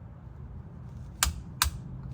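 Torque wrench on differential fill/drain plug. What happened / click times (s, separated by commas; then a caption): The torque wrench clicked at its set torque / 1.2 s, 1.6 s. A torque wrench set to 32 ft-lb, fitted with a 3-inch extension, tightens the rear differential fill/drain plug bolt on a 2014-2020 Acura MDX SUV. Over a low, steady background rumble, two sharp clicks ring out at 1.2 s and 1.6 s. The wrench has reached its setting and the plug is done.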